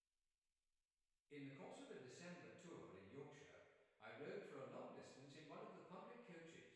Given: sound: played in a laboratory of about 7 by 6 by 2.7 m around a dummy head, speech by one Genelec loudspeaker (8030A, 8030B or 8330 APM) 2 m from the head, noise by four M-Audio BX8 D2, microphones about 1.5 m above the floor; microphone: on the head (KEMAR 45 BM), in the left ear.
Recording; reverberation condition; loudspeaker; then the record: male speech in English; high; 60 degrees to the right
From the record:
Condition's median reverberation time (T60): about 1300 ms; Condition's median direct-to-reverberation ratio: about -4.0 dB